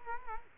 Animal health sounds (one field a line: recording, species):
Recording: mosquito wingbeat signal from an infrared sensor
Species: Culex quinquefasciatus